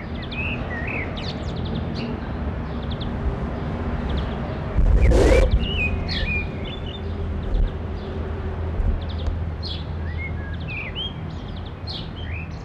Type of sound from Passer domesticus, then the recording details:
call. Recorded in the wild. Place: Garmisch-Partenkirchen, Bayern, DE. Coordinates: 47.4917, 11.0794. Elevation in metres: 703. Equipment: Uher 4000, Sennheiser MKH 415 T. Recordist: Tretzel, Erwin